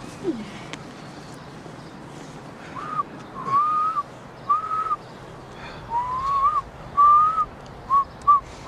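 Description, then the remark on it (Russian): A man whistles a loose string of short notes at a steady mid-high pitch, some gliding slightly, with uneven gaps between them after a few quiet seconds at the start. “Ты не видишь, я рак, который свистнул на горе. Так себе свистнул-то.”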